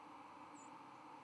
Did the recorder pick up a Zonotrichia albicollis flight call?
yes